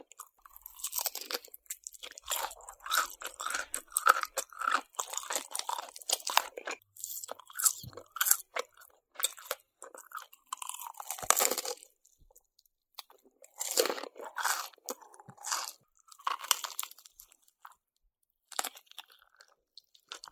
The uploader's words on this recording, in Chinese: 吃炸雞｜Fried Chicken。